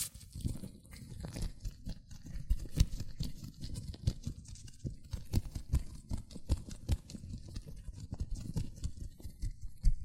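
Latex gloves rub and squeak against hands in a dense, irregular patter of soft crinkles and sharp little snaps throughout. The rubbing stays low and muffled, with bright clicks and pops scattered every fraction of a second and a few louder snaps near the start and end.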